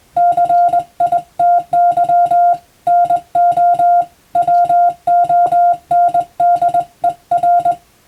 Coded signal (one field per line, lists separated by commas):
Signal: Morse code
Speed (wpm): 20 wpm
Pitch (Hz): 700 Hz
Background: music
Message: CITY NO WONDER